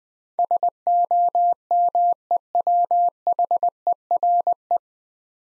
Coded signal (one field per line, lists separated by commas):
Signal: Morse code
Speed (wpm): 20 wpm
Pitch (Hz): 700 Hz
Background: none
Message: SOMEWHERE